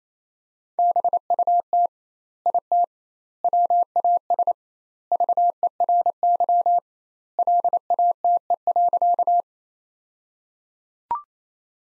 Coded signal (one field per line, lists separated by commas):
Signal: Morse code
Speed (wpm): 28 wpm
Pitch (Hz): 700 Hz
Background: none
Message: BUT IT WAS VERY LATE.